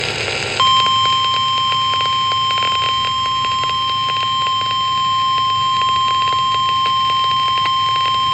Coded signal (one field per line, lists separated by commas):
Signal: Emergency Alert System (SAME) tones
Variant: 1050 Hz attention tone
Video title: Severe Thunderstorm Warning (EAS 1826)